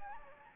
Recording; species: mosquito wingbeat signal from an infrared sensor; Anopheles gambiae